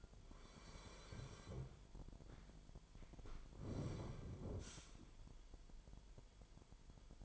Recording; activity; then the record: daily activity, microphone in the room; sit down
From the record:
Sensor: 5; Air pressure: 998.6 hPa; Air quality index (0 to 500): 84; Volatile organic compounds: 1 ppm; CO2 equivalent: 959 ppm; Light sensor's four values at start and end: 42/101/42/47 and 43/104/43/48